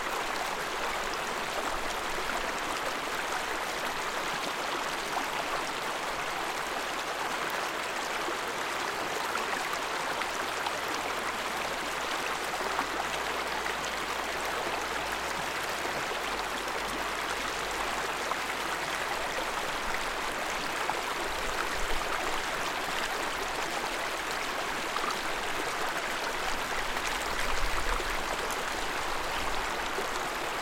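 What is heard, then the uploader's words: A snowmelt stream rushes steadily beside a road, its dense, hissing wash spread evenly from mid to high pitches with no letup. A faint low rumble drifts in and out underneath, swelling briefly near the end, perhaps a passing vehicle. Stream from melting snow - Gaustatoppen, Norway. Stream from a melting snow next to the road to Gaustatoppen.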